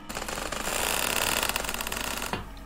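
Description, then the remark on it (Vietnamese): The hinge of a main door creaks as the door slowly swings open, one long, loud, rasping groan with a rapid stuttering grain that holds steady for over two seconds before cutting off. “Bỗng cánh cửa chính từ từ mở ra, tiếng bản lề rít lên ken két đến rợn cả người.”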